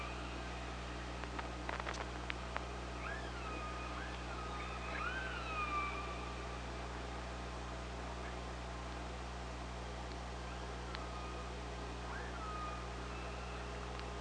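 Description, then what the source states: Killer whale calls: several faint, wavering tonal calls that rise and then fall, a few scattered clicks, and a constant low hum underneath. Recorded by OrcaLab hydrophone on 24 August 2017.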